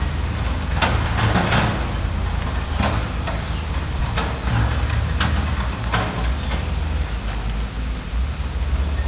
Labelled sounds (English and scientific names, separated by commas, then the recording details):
none
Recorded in pastures near Puerto Asís, Putumayo, Colombia, on 21 December 2024 at 14:00
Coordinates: 0.466, -76.322
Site G040